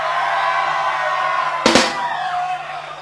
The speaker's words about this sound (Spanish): Bueno, como habrán cachado por ahí, hoy día estamos grabando un bootleg que después vamos a poner a la descarga gratuita en el sitio web. Así que se escuchan bien fuerte los gritos, weón.